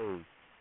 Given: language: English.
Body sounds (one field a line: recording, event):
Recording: throat vibration sensor signal played as sound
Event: speech